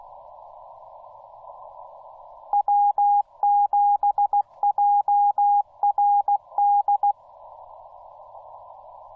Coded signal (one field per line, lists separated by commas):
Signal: Morse code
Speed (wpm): 15 wpm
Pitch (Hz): 820 Hz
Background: radio noise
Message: W7JRD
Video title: Angels Landing Activation: Morse Code Radio Ops With Minimal Edits